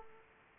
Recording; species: mosquito wingbeat signal from an infrared sensor; Aedes aegypti